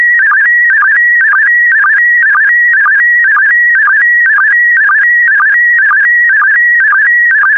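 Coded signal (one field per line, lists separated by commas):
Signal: SSTV (slow-scan television)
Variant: PD120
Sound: warbling electronic tone hopping between two pitches, with short low blips about twice a second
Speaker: complete you can now check your decoded image against the picture that is shown on the video that concludes the daily transmission of slow scan tv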